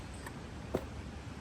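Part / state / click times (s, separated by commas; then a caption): over-under shotgun barrels onto receiver hinge / not seated / none. Over-under barrels of a Kral Arms Tundra 20-gauge shotgun are set onto the receiver's hinge at a 45-degree angle without forcing, with faint ticks at about 0.3 s and 0.8 s. The barrels have not seated yet.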